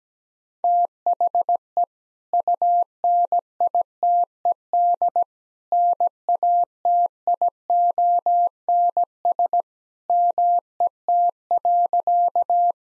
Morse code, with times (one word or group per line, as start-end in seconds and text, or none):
0.6-1.8 THE
2.3-5.2 UNITED
5.7-9.6 NATIONS
10.1-12.7 MET.